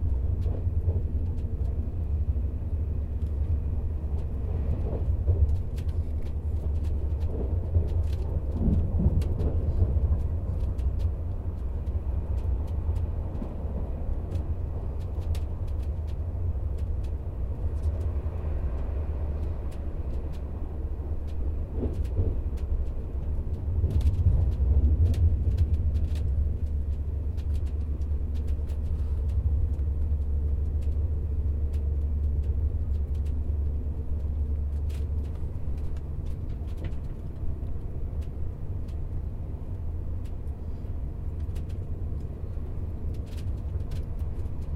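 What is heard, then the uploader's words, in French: A train rolls in with a heavy, steady rumble low underneath, strongest from about 20 to 27 seconds and fairly constant otherwise. Faint clicks and brief metallic squeaks come through at scattered moments, around 5, 9, 25 and 35 seconds, over the continuous drone. Arrivée en train. Parcours sonore capté à micro tendu en marche à travers différents lieux en mouvements.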